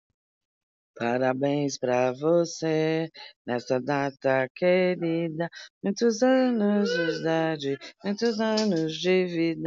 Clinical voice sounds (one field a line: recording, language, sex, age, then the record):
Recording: short text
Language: Brazilian Portuguese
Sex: female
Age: 50 to 59 years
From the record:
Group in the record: control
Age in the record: 55 years